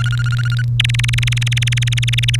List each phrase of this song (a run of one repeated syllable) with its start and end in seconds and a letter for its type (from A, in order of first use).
0.00-0.62 A, 0.80-2.36 B